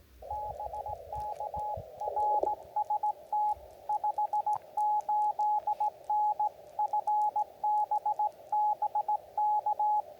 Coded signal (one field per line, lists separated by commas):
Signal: Morse code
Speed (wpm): 17 wpm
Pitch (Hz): 840 Hz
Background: radio noise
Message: BK NST 58N FB BK